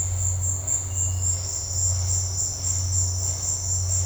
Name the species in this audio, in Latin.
none